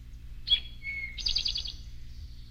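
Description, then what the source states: Rufous-sided Towhee giving one song: a clipped high note, a short lower whistle, then a quick buzzy trill fading out. Normal song, which some field guides render as 'Drink your tea'.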